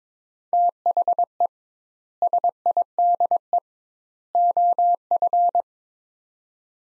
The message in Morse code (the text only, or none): THE SIDE OF